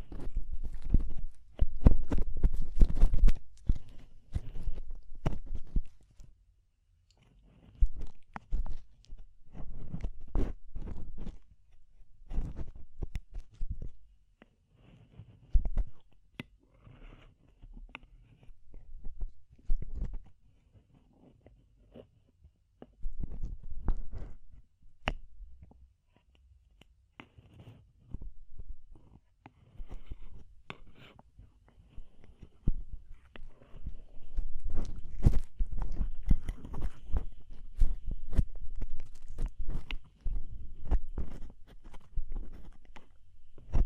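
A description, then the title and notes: Ear cleaning sounds made of dense, irregular crackles, scratches and rubbing clicks that come in bursts, with short quiet gaps around 6, 14, 20 and 29 seconds. Each click is sharp and bright, over a soft low thumping, with the busiest stretches near the start and around 35 seconds. ASMR DEEP Ear Penetrating Cleaning (No Talking).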